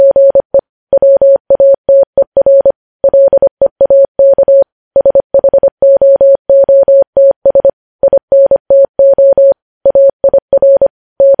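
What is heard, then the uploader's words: Morse code is sent as a clean, steady tone of medium pitch, switching on and off in short dots and longer dashes. The keying is brisk and regular, grouped into characters with brief gaps between them, and runs continuously for the whole clip against silence. Morse code transcription.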